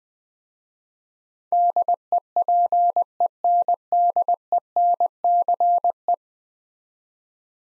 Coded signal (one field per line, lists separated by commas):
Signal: Morse code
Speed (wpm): 20 wpm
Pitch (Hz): 700 Hz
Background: none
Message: DEPENDENCE